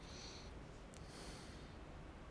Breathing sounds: one breath in and out by a microphone near the nose and mouth; deep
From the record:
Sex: male

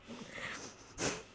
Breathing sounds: one breath in and out by a microphone near the nose and mouth; strong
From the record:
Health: marked as sick, illness not named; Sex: female

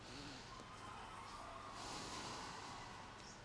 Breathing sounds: one breath in and out by a microphone near the nose and mouth; deep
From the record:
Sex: male

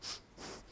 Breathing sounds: one breath in and out by a microphone near the nose and mouth; strong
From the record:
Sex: male

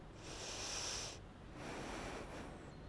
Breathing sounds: one breath in and out by a microphone near the nose and mouth; deep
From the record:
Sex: female

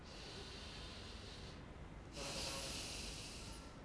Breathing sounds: one breath in and out by a microphone near the nose and mouth; deep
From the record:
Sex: male

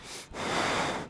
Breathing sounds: one breath in and out by a microphone near the nose and mouth; strong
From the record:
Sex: male

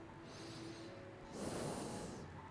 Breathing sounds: one breath in and out by a microphone near the nose and mouth; normal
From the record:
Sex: male

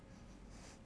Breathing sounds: one breath in and out by a microphone near the nose and mouth; strong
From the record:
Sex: male

